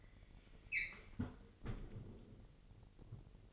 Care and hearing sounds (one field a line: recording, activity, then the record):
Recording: daily activity, microphone in the room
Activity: close fridge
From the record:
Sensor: 4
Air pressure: 1002.7 hPa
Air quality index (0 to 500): 240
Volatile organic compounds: 17 ppm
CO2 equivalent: 2571 ppm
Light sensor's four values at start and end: 4/10/4/4 and 4/10/4/4